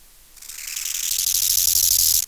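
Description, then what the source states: Bow-winged grasshopper song, a single dry, pulsing rasp that builds steadily in volume for nearly two seconds before stopping abruptly. Subspecies euhedickei.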